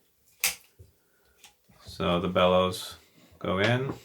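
On a Sinar Norma camera, the second, upper latch that holds the bellows on the rear standard engages with a sharp click at 0.4 s, followed by a fainter tap at 1.4 s. Someone talks from about 2 seconds onward. The upper bellows latch is seated.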